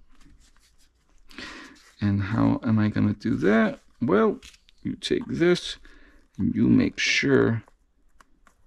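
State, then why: Seated. A used, broken Trackhawk gear shift knob is reassembled with a new boot, with its clips pressed onto the shifter and boot assembly while someone talks. Two sharp, short clicks follow at 8.2 and 8.5 seconds as the clips click into place and seat.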